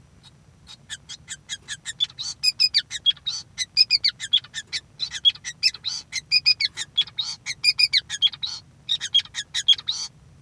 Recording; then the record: song of a male Bengalese finch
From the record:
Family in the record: son of father 5